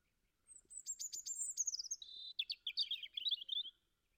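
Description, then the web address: European robin song phrase: high thin notes sliding downward, then a quick jumble of warbled and trilled notes for about three seconds. "Deverinetal 2025"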